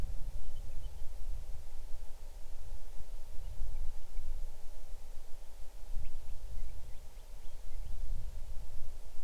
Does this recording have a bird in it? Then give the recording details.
yes. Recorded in the Arctic National Wildlife Refuge, Alaska, on 6 July 2019 at 00:23. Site 39